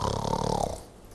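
A single low, rattling snore lasts about 0.7 seconds, then fades into quiet breathing noise. This is an acted imitation of snoring: noisy breathing in the throat during sleep, when the tongue falls back and blocks the throat, and the uvula and soft palate vibrate.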